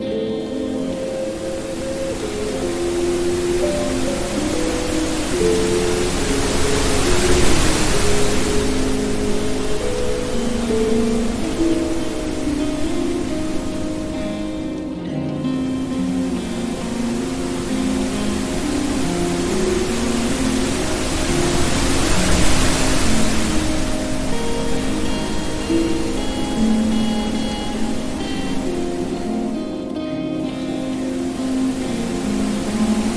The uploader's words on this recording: Ocean Gentle Murmur. Immerse yourself in the dreamy mixes of relaxing piano music combined with the soothing sounds of a soft water stream. A soothing soundscape featuring the gentle rising and falling of a waterfall.